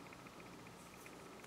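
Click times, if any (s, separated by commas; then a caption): none. A custom plastic minifigure-scale toy turret gun is being handled and pushed toward its plastic tripod mount. Only a steady low hiss and faint rustling are heard, with one brief soft tick at about 0.1 s. Nothing has seated or clicked onto the tripod yet.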